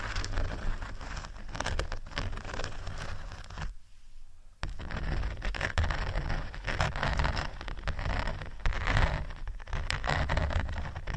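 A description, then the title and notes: Textured sheets are scratched in a dense, continuous rasping with frequent short strokes and a low rumble underneath. The scratching pauses briefly just before the four-second mark, dropping to near quiet, then resumes at the same busy, uneven pace to the end. ASMR Scratching Textured Sheets Over Felix（No Talking）.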